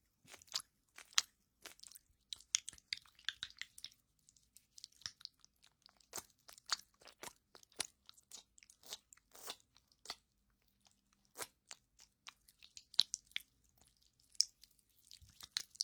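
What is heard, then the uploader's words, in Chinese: Sticky, slippery sounds of aloe gel being worked, with dense bursts of wet, crackly smacks and squishes coming every fraction of a second. Quieter gaps break up the activity, and around the middle the clicks thin out briefly before picking up again. 芦荟胶黏液の放松按摩。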